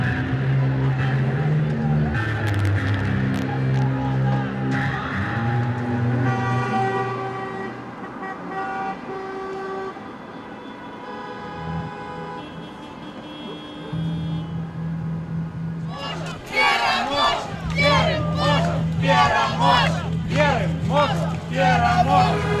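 Recorded at protests in Belarus: a steady crowd murmur with horns sounding in long held tones, some rising and falling, through the first half. Toward the end, shouting and chanting voices burst in loudly over a continuing low horn blast.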